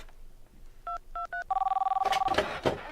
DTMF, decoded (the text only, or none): 223